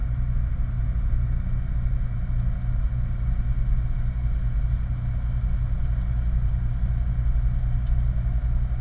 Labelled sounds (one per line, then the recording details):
machinery
flare stack
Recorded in the Prudhoe Bay oil fields, Alaska, on 31 July 2019 at 02:42
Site 29